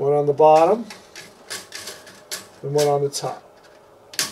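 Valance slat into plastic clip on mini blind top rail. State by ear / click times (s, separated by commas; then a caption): seated / 4.2 s. Someone talks while the second, top aluminum valance slat is snapped into the plastic clips on a mini blind's top rail; the valance hides the top rail and brackets. A sharp click comes at 4.2 seconds, and the slat is seated.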